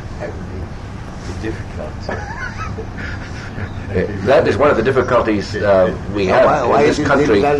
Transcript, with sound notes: That would be difficult. [laughs]
That is one of the difficulties we have in this country.